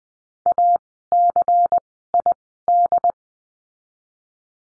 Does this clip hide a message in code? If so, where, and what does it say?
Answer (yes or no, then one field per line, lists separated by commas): yes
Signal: Morse code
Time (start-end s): 0.5-3.1 s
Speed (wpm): 20 wpm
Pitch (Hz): 700 Hz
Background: none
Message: ACID